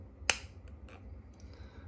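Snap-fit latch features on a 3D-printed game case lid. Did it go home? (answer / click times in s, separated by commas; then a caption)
yes / 0.3 s. The heart-shaped 3D-printed plastic game case, closed on its living hinge, is pressed shut until its six snap-in features latch. A single sharp, bright click at 0.3 s confirms the lid has seated, followed by a few faint ticks and rustles.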